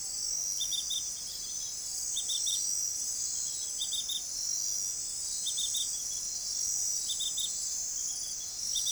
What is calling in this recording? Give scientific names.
none